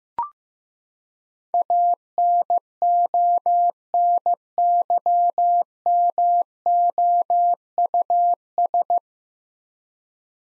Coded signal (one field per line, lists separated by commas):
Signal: Morse code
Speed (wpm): 16 wpm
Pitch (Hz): 700 Hz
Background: none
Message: ANONYMOUS